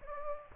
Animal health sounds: mosquito wingbeat signal from an infrared sensor; Aedes aegypti

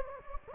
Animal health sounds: mosquito wingbeat signal from an infrared sensor; Anopheles gambiae

